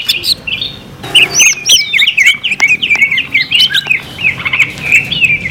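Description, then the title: Leafbird song: lively sequence of twisting whistles and chirps, high-pitched, with a few harsher squawky notes. "CUCAK IJO"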